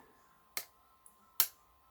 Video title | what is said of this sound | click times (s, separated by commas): American 1100 and Challenge Locks | so that was five got two clicks | 0.6 s, 1.4 s